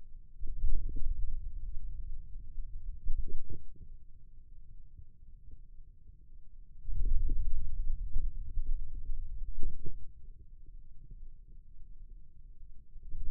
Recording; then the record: forearm muscle sounds (acoustic myography)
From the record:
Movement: wrist extension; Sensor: system 2, bracelet of six BSWA MPA416 microphones around the upper forearm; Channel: 2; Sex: male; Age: 22 years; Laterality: right